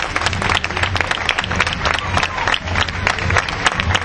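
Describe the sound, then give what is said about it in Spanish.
Loud, sustained applause from an audience for the women of Pañuelos en Rebeldía, a dense crackle of many hands clapping at once that keeps up steadily for the whole stretch, with a faint murmur of crowd voices mixed in. “Un aplauso fuerte para las compañeras de Pañuelos en Rebeldía.”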